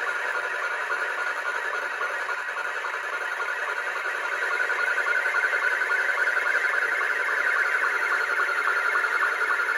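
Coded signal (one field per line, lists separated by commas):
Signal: SSTV (slow-scan television)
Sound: warbling tone around 1.5-2 kHz with rapid regular ticking pulses, buried in hiss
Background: radio static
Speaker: this is Hungary eh it's Hungary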